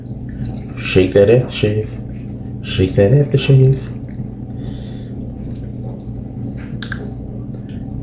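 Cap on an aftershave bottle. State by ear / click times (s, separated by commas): released / 6.8 s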